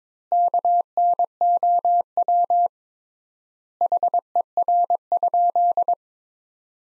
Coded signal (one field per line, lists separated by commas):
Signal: Morse code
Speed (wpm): 22 wpm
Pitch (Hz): 700 Hz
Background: none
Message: KNOW HER?